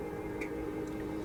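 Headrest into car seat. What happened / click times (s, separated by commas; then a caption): The headrest post latched into the seat / 0.4 s. A headrest is pushed into the seat of a 1969 Corvette 427 during a classic car interior fit-up, with a steady low background hum throughout. A small, sharp click sounds at 0.4 seconds as the headrest seats into place.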